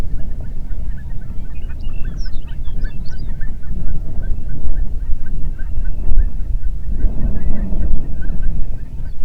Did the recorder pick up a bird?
yes